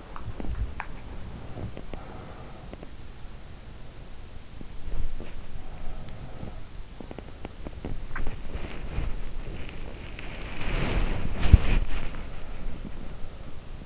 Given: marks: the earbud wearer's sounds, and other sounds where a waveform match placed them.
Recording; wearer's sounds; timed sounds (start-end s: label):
sounds in sleep by an in-ear microphone; teeth grinding, swallowing, body movement
0.00-1.02 s: teeth grinding
4.44-7.93 s: teeth grinding
5.43-6.95 s: sound from someone else or the room
7.98-8.42 s: swallowing
8.24-13.86 s: body movement
11.45-13.86 s: sound from someone else or the room